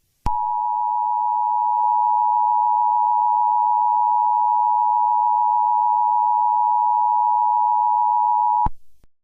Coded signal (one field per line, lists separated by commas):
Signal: Emergency Alert System (SAME) tones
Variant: 853 and 960 Hz attention tone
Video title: EAS scenario but baby shark EXE